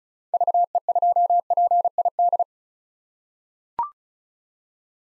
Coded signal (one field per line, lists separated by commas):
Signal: Morse code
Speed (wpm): 34 wpm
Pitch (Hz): 700 Hz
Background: none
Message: VE2PID